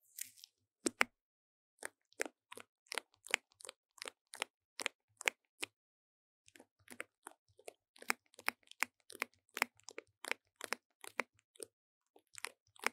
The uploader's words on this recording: 用紙膠帶裝飾雪怪MIC| Paper tape decorating the sound of the MIC | NoTalking.